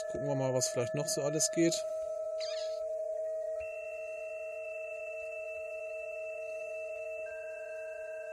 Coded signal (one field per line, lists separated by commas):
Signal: PSK31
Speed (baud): 31.25 baud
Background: speech